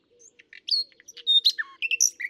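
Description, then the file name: Common nightingale song: a quick, varied string of high whistles, sharp chirps and falling slurred notes. "Luscinia megarhynchos"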